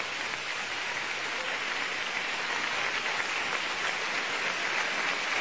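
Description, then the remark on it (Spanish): An audience at a nighttime church service applauding the Lord, a dense wash of many hands clapping at an even, sustained level for several seconds with no voices standing out. “¡Un fuerte aplauso al Señor, hermano!”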